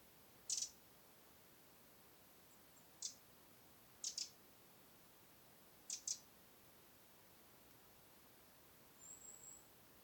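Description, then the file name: Eurasian wren call: quiet, spaced single and doubled high dry ticks at irregular intervals, with a faint thin note near the end. "Troglodytes troglodytes"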